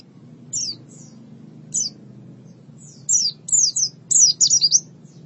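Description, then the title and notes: White-eye song in short bursts of very high, downslurred chirps, sparse at first and then a quick jangling cluster toward the end, over a faint low hum. "Suara kicauan burung pleci"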